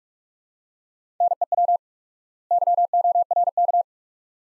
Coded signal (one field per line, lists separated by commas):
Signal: Morse code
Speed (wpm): 45 wpm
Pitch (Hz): 700 Hz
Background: none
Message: NEW YORK